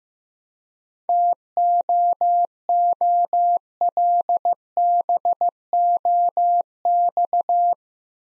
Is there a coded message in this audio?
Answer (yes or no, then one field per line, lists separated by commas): yes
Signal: Morse code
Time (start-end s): 1.1-7.7 s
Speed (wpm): 15 wpm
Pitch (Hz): 700 Hz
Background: none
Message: TOOLBOX